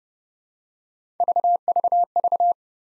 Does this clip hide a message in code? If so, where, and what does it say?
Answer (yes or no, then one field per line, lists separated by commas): no